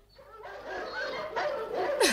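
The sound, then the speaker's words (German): Dogs yip and whine in a continuous run of high, tonal cries that swell gradually louder, ending with a sharp, pitch-sliding yelp. “Gesteh, du fürchtest dich vor Hunden.”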